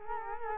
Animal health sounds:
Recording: mosquito wingbeat signal from an infrared sensor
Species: Culex quinquefasciatus

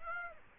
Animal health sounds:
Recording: mosquito wingbeat signal from an infrared sensor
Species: Aedes aegypti

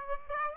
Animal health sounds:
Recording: mosquito wingbeat signal from an infrared sensor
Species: Aedes aegypti

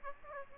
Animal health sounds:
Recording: mosquito wingbeat signal from an infrared sensor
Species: Aedes aegypti

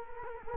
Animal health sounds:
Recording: mosquito wingbeat signal from an infrared sensor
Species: Culex quinquefasciatus

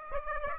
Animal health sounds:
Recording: mosquito wingbeat signal from an infrared sensor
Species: Aedes aegypti

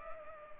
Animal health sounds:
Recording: mosquito wingbeat signal from an infrared sensor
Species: Culex pipiens

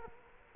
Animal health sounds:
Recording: mosquito wingbeat signal from an infrared sensor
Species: Culex quinquefasciatus

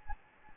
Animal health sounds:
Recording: mosquito wingbeat signal from an infrared sensor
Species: Anopheles gambiae

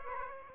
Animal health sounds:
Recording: mosquito wingbeat signal from an infrared sensor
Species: Aedes aegypti

